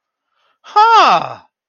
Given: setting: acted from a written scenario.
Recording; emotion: vocal sound without words; realization